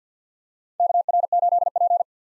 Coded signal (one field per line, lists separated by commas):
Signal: Morse code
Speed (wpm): 50 wpm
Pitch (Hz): 700 Hz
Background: none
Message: KR8P